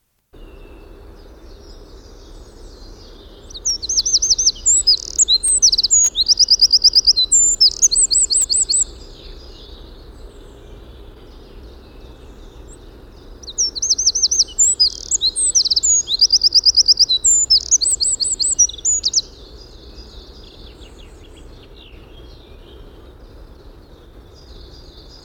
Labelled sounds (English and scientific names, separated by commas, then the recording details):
Eurasian Wren (Troglodytes troglodytes) song
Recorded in the wild
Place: Glowe, Insel Rügen, Mecklenburg-Vorpommern, DE
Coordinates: 54.569, 13.471
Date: 1974-04-21
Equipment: Nagra III BH, Sennheiser MD 21, parabola
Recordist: Schubert, Michael
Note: Gesang Zaunkönig